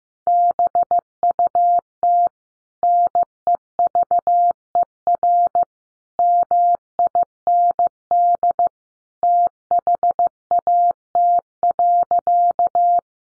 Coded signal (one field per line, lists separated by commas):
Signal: Morse code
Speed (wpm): 15 wpm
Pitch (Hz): 700 Hz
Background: none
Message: BUT NEVER MIND THAT.